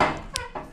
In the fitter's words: and that's a real positive lock there